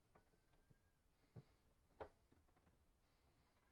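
The rubber door gasket of a GE front-load washer is handled and pressed over the lip of the front panel opening, being pushed over the lip and downward so it won't come undone. Quiet rubbing and handling noise includes soft bumps near 1.4 s and 2.0 s. Nothing has seated or clicked into place yet.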